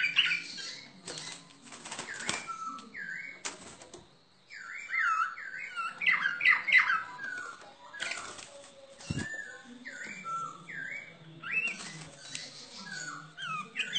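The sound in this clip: Bird song of repeated downslurred whistles and chattering notes, heavily overlaid by frequent clattering clicks and knocks.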